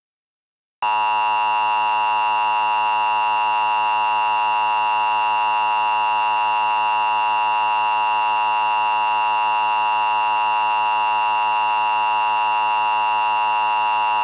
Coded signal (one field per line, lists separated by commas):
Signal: Emergency Alert System (SAME) tones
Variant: 853 and 960 Hz attention tone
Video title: Mock EAS: Multi-Part Disaster Hybrid